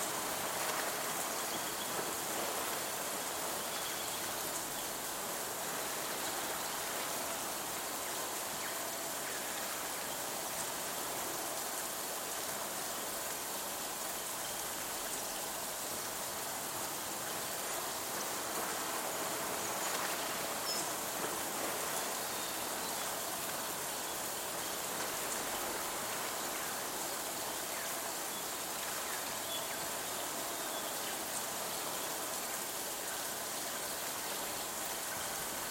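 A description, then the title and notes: Steady rain and a running stream make a dense, even hiss that stays bright and unchanging for the whole stretch, with no clear breaks. A Week in New Hampshire - Sounds of Nature. Just the nature sounds.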